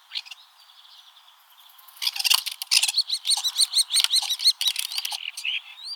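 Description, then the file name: Common starling song starting with a thin faint whistle, then a dense run of rattles, clicks and squeaky whistles. "Stare"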